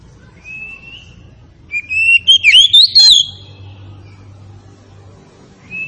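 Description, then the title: Oriental magpie-robin song, a soft rising whistle, a brief loud flourish of swooping notes, then quiet with a final whistle. Tretes variety, in full song. "Kacer Tretes"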